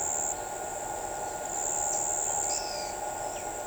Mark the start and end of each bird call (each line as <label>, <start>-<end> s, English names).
Chestnut-winged Chachalaca, 0.00-3.67 s